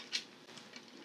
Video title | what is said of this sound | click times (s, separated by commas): Laurel discusses sewing machines with specialist | you'll hear a little click when it goes in. See, it just goes, snaps in. | 0.2 s